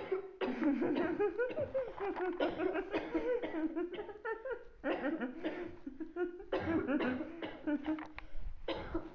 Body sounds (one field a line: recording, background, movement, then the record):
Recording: laughter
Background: a bystander coughing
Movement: sitting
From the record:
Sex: female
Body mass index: 36.4 kg/m2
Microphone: on the chest, facing outward